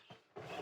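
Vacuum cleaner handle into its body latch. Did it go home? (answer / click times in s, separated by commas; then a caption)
no / none. A person pushes the smashed plastic handle of a Dyson DC05 Motorhead upright vacuum down toward its body latch, and it fails to lock because the handle is broken. A faint creak is followed by a louder, sustained scraping rumble from about 0.4 s. Nothing has clicked or latched.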